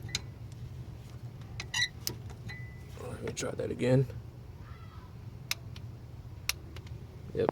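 A torque wrench rechecks a spark plug being tightened into the cylinder head of a 2014 Subaru Forester XT (FA20DIT), set to break over at 13 ft-lb. Someone talks, and then the wrench gives two sharp clicks at 5.5 s and 6.5 s. The torque is confirmed.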